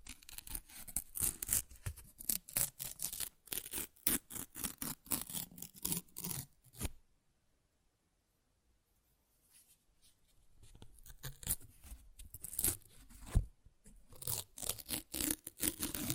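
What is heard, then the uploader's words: Paper is ripped and torn in dense bursts of crackly noise, pausing near silent from about seven to ten seconds, then tearing resumes. ASMR Paper Ripping Tearing Sounds (No Talking).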